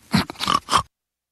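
Three quick, rough, grunting snorts in under a second, heard as an unusual, very unique snore from a sleeping adult over a phone line.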